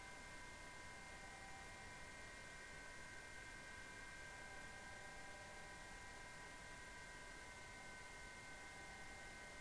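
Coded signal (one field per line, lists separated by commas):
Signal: PSK31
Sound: several faint steady warbling tones under loud hiss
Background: radio static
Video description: 7037 kHz 2019 Digimode PSK31 DC4OH and UA3PI.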